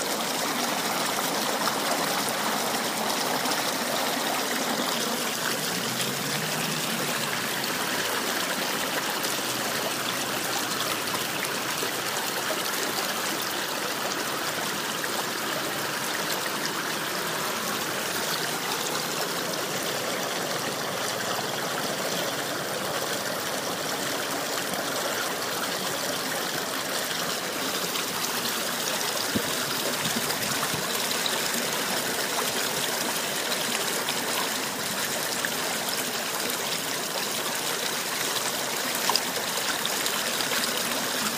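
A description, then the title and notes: Water in Buffalo Creek runs steadily, a dense, bright rush of trickling and splashing that barely changes across the whole clip. There is little low rumble. Near the five-to-eight second mark, a faint low tone briefly drifts underneath. One minute of water, Buffalo Creek. I sat on a huge rock in the middle of it today for about an hour listening to this.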